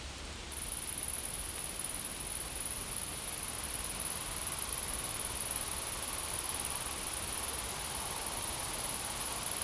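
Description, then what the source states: Insect: a steady, unbroken high-pitched whine starting after about half a second, over soft background hiss. Insects in a field.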